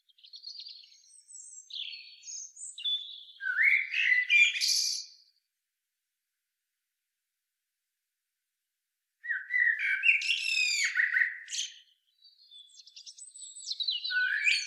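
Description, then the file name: Common blackbird singing: a burst of varied warbled and squeaky notes ending in high chattery twitters, a silent pause of about four seconds, then more varied warbling and high twittering phrases. "Turdus merula"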